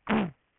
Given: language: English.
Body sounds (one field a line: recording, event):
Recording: throat vibration sensor signal played as sound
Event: throat clearing